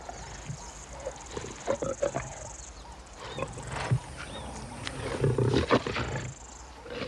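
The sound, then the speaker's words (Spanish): A pair of lions growl and roar in rough, irregular bursts as they feed on a buffalo carcass, deep rumbling snarls rising and falling over a steady high hiss, with no voices. “Los leones prosiguen su festín.”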